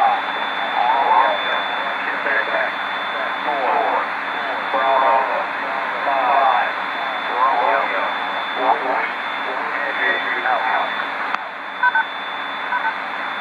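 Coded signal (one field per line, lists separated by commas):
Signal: coded military voice message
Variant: Emergency Action Message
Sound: distorted, echoing voice reading over radio hiss, a faint steady whistle, brief tone near end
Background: radio static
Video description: the 'sign off' beep at the end highlights the delay effect taking place.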